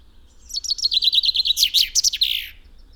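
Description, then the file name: Common chaffinch song: a fast run of bright, repeated notes that steps downward, then ends in a quick, emphatic flourish, all in about two seconds. "Fringilla coelebs"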